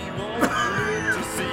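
A single short, sharp cough bursts out about half a second in, over the sustained musical tones of a radio show's theme song, which continue around it. It is one ordinary adult cough, a musical blooper, with no sign of distress.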